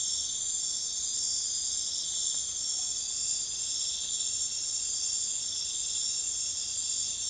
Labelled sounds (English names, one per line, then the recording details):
none
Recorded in dense forest near Puerto Asís, Putumayo, Colombia, on 21 February 2024 at 01:00
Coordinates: 0.505, -76.324
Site G6467